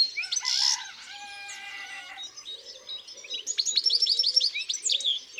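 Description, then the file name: European goldfinch twittering song, bright rapid chirps that begin after a rooster crows at the opening. Singing in the countryside. "Chardonneret elegant Chants doiseaux dans la campagne"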